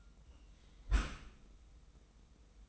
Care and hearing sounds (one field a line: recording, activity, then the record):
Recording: daily activity, microphone in the room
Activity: close dishwasher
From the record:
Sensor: 1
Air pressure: 990.4 hPa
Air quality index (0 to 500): 177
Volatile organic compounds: 1000 ppm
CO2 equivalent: 6515 ppm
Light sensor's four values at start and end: 24/56/24/26 and 24/56/24/26